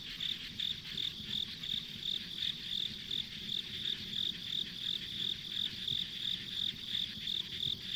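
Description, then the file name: Insect song of quick, high, evenly spaced chirps, close to three each second, over a droning hiss and muted low noise. Ambient insect sounds on a rural country road. "田舎道の虫の環境音"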